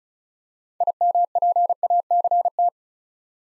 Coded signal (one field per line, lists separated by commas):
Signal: Morse code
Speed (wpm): 36 wpm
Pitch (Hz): 700 Hz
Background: none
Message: IMPACT